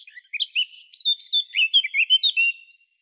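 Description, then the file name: Eurasian blackcap song, a hurried chattering warble of mixed short notes and brief whistles, running almost unbroken for two and a half seconds. "Sylvia atricapilla"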